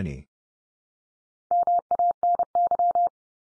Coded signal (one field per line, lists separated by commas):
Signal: Morse code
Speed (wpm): 30 wpm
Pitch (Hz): 700 Hz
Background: none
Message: MANY